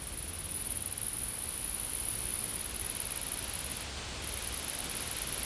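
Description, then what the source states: Insect starts a shrill high trill after a moment, keeps it going, pauses briefly, then resumes; faint low rumble below. Insects in a field.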